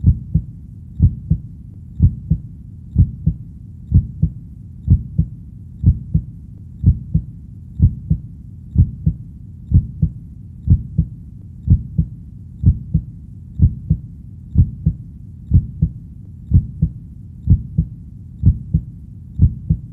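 A continuous adult heartbeat.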